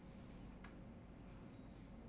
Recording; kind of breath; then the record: one breath in and out by a microphone near the nose and mouth; normal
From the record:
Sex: male